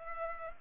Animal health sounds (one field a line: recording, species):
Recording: mosquito wingbeat signal from an infrared sensor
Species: Culex pipiens